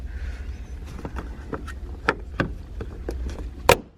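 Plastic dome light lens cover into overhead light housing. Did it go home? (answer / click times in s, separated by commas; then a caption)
yes / 2.1 s, 2.4 s. A plastic dome light lens cover on a 2015-2020 Kia Optima is pressed back into the overhead light housing after the bulb is replaced. Over a low rumble, light taps lead up to sharp plastic clicks at 2.1 and 2.4 seconds as it snaps into place, followed by a louder knock near 3.7 seconds. The lens is seated.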